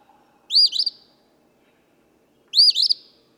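Eastern phoebe: two clear raspy phrases, each a quick rising then falling double note, two seconds apart.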